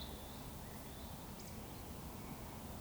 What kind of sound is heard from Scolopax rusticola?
whistle